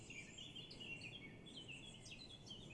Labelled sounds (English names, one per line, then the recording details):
Eurasian Blackcap
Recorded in Germany
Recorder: ecoPi